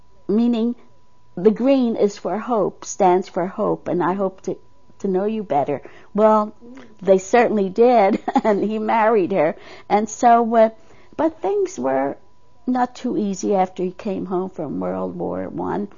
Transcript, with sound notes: meaning the green is for hope, stands for hop and I hope to, to know you better. Well, they certainly did. ( she laughs ) And he married her. And so, uh, but things were not too easy after he came home from World War One.